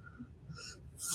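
Quiet breathy intake, then a sudden loud hissing burst at the end: an adult man's sneeze starting.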